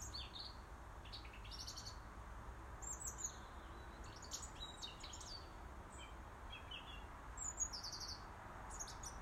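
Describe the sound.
Robin calls: thin, high chirps and short downward-sweeping notes scattered irregularly throughout, over a steady low rumble and hiss.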